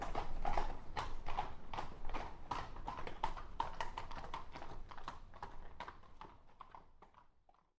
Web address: Hollywood Edge Historical Series War Horses Armies Weapons Two Horses Trot By On Cobbles